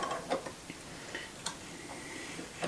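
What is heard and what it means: A gathering/ruffler presser foot is handled against a sewing machine's presser bar, giving a few light clicks and ticks at a low, steady level. Nothing has seated or clicked into place yet.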